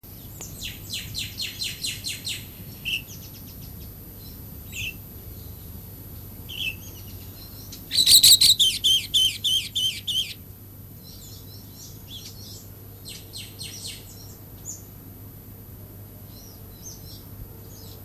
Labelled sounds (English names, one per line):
Brown-breasted Bulbul song